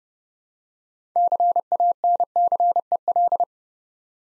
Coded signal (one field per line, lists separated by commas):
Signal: Morse code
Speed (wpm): 31 wpm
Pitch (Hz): 700 Hz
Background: none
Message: CANCEL